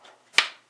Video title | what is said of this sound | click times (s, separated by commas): GCM New Year 2018 - Events and EveryTHING UPdate | Snaps right in. | 0.4 s